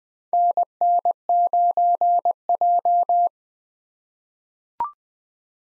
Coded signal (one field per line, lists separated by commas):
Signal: Morse code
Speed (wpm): 20 wpm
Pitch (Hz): 700 Hz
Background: none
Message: NN9J